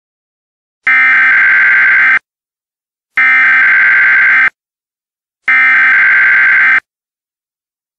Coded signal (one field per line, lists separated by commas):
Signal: Emergency Alert System (SAME) tones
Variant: header bursts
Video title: EAS Scenario: The Genetic Code Part 4